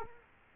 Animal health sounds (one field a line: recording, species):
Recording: mosquito wingbeat signal from an infrared sensor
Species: Culex quinquefasciatus